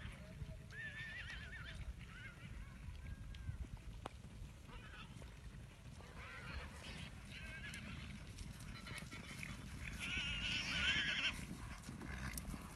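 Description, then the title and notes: Arabian horse giving a wavering high whinny near the end, after softer calls earlier. Herd of Arabian horses roaming free on an estate. "Arabian Horse Herd in Freedom. at Tenuta Casabianca"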